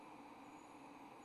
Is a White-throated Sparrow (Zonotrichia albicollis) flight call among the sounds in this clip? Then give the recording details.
no. No flight call is heard. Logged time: 22:52 on 24 November 2014